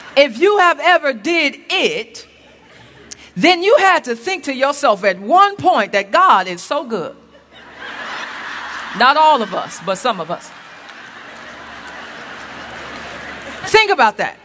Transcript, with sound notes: If you have ever done it, then you have to think to yourself at one point that God is so good. (laughter) Not all of us, but some of us. Think about that.